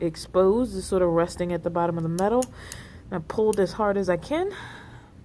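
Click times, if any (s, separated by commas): none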